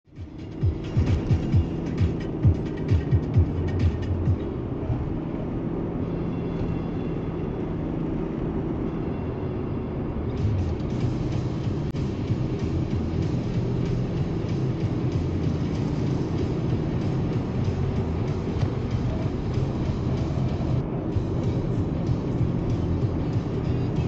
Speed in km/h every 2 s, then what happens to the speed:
84, 87, 88, 91, 90, 86, 85, 88, 93, 85, 86, 89.
0-6 speeds up to 91. 6-11 slows to 85. 11-15 speeds up to 93. 18-24 steady at about 86.